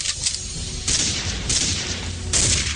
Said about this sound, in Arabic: في اطلاق نار يا عبيد، في اطلاق نار